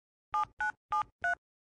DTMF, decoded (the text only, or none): 7973